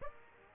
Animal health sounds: mosquito wingbeat signal from an infrared sensor; Aedes aegypti

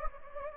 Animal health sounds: mosquito wingbeat signal from an infrared sensor; Anopheles gambiae

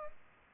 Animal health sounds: mosquito wingbeat signal from an infrared sensor; Aedes albopictus

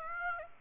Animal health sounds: mosquito wingbeat signal from an infrared sensor; Aedes aegypti

